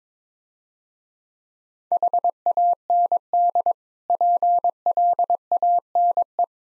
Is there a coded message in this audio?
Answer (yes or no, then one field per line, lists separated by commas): yes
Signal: Morse code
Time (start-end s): 1.9-6.4 s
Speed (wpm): 21 wpm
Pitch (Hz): 700 Hz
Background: none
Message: HAND PLANE